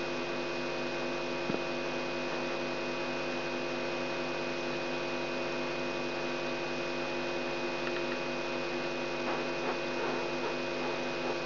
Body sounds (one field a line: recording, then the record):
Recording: brain microelectrode recording played as sound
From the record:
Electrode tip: outside the subthalamic nucleus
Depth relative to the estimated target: -3 mm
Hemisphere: right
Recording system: AlphaMap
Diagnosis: Parkinson's disease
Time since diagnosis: 17 years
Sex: female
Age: 63 years